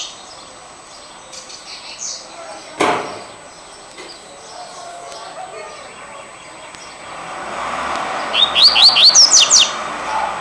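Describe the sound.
Double-collared seedeater song near the end, a short burst of rapid high slurred notes, after a long stretch of faint background noise and a single sharp knock.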